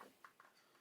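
The front seat base of a 1:8 scale die-cast Ghostbusters Ecto-1 model car is pushed down into the car's floor. Two quiet, short ticks are heard at about 0.3 and 0.4 seconds. The seat base clicks into place and is seated.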